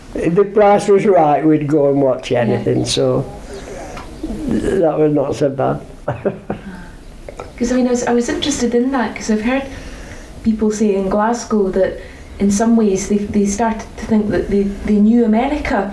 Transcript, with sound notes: If the price was right, we'd go and watch anything.
Yeah.
So, that were not so bad. [laughs]
'Cause I mean I was interested in that, 'cause I've heard people say in Glasgow that in some ways they started to think that they knew America.